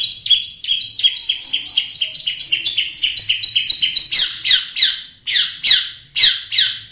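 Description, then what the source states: Long-tailed Shrike song: rapid, evenly repeated high notes for about four seconds, then slower, harsher notes sweeping downward. Tutor song used for training birds.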